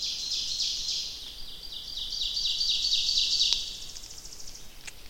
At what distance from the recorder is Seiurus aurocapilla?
about 30 m